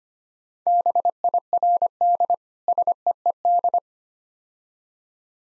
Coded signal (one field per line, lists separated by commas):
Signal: Morse code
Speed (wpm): 25 wpm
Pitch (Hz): 700 Hz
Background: none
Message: BIRD SEED